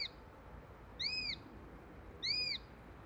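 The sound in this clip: Eurasian sparrowhawk calls: thin, high arched squeals, two clear notes about a second apart after a cut-off one at the start, over a quiet background.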